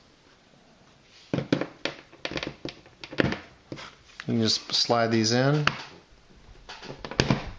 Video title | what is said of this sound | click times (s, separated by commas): Electric Motor Build | like that should just snap right in again being careful | 7.2 s